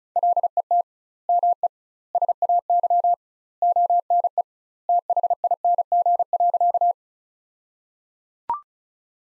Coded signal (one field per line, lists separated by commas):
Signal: Morse code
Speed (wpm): 34 wpm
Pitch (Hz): 700 Hz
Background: none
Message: LET ME SAY ONE THING.